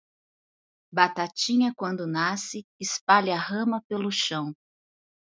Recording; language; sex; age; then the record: short text; Brazilian Portuguese; female; 40 to 49 years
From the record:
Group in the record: control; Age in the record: 44 years